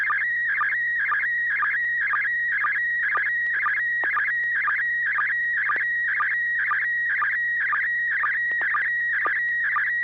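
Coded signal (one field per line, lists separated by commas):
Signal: SSTV (slow-scan television)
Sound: warbling high tone near 2 kHz with short lower blips about twice a second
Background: low steady hum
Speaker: this net serves for training and practice and image transmission modes and meets Wednesday nights at 900 p.m. on the n6 na repeater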